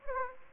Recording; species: mosquito wingbeat signal from an infrared sensor; Anopheles gambiae